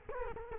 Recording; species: mosquito wingbeat signal from an infrared sensor; Culex quinquefasciatus